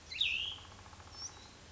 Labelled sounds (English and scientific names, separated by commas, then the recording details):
Cassin's Vireo (Vireo cassinii)
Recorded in Sonoma County, California